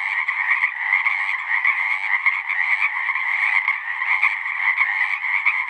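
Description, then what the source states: Pacific chorus frog chorus, a thick mass of overlapping rasping calls forming a constant, pulsing drone. Full chorus recorded after dusk; males giving the advertisement call, a distinct kree-eeck or ribbit, to attract females.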